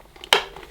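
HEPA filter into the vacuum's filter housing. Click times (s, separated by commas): 0.3 s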